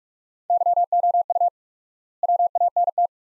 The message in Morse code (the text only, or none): YOU WANT